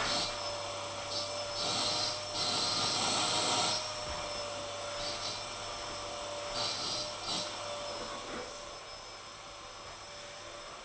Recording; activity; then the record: daily activity, microphone in the room; vacuum cleaning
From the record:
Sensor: 5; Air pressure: 988.8 hPa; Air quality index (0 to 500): 236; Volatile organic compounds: 200 ppm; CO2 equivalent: 4213 ppm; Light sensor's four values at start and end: 39/123/47/51 and 39/124/48/51